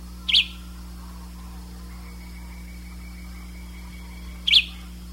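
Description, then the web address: Bird call, two short high chirps about four seconds apart, with a faint background whine and hum. "BIRD 2015 SABIOD"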